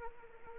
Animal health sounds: mosquito wingbeat signal from an infrared sensor; Anopheles arabiensis

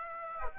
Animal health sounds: mosquito wingbeat signal from an infrared sensor; Aedes aegypti

